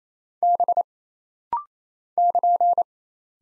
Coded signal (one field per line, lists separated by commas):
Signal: Morse code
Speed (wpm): 28 wpm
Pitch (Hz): 700 Hz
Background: none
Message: B <KN>